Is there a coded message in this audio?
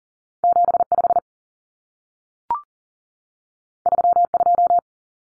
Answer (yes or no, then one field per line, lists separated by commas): yes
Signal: Morse code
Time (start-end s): 0.4-4.8 s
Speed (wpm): 40 wpm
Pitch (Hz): 700 Hz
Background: none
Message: 75 32